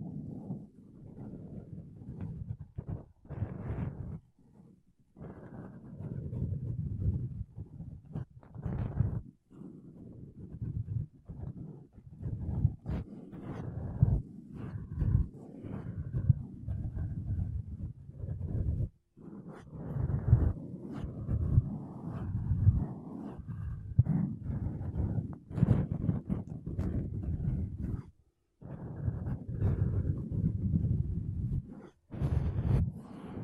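Makeup brushes and a sponge rub across a microphone in a dense, low, scratchy rustle that runs almost without pause. The strokes surge and ease in short bursts, with brief silent gaps near 4, 19, 28 and 32 seconds and occasional brighter swishes.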